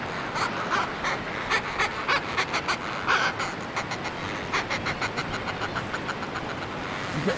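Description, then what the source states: Northern fulmars giving rapid guttural cackles in bursts, several notes a second, with pauses between bursts over constant wind-like noise. Fulmars coming back to their nests at a cliff seabird colony on Handa Island, Scotland; chatty, guttural calls from birds inside the nests.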